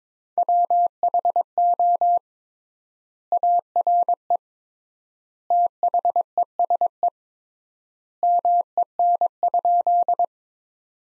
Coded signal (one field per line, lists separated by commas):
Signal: Morse code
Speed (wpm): 22 wpm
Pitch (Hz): 700 Hz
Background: none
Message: WHO ARE THESE MEN?